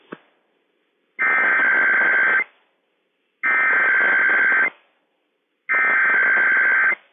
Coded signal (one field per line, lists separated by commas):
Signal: Emergency Alert System (SAME) tones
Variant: header bursts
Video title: Required Weekly Test - WWF56 - EAS #1